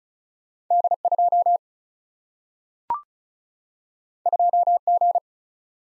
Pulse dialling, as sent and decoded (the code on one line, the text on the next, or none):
none